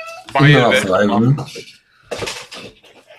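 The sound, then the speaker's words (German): A cat lets out one long, wavering meow that rises and falls in pitch, sounding plaintive and complaining, followed after a short pause by a brief clatter like dishes. “Beschwert sich sogar die Katze schon.”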